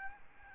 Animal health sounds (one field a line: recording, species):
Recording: mosquito wingbeat signal from an infrared sensor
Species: Aedes albopictus